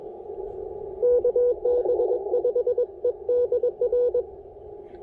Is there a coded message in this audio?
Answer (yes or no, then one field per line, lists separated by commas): yes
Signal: Morse code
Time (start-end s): 1.0-4.2 s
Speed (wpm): 21 wpm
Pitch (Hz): 490 Hz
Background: none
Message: KB5EDR